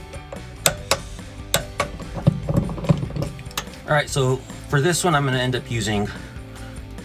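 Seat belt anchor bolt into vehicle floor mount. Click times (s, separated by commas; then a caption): 0.7 s. A torque wrench set to 39 ft-lb tightens a seat belt anchor bolt into the steel floor mount of a Jeep Wrangler during a 3-point front seat belt install. The wrench gives a sharp click at 0.7 s, followed by further short metallic clicks. Someone then talks, and the bolt is confirmed torqued to the setting.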